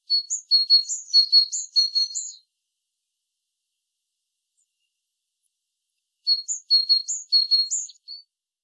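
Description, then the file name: Great tit giving two bursts of quick, bright, repeated two-part phrases, a steady high note paired with a rising one, separated by several seconds of quiet. "Parus major"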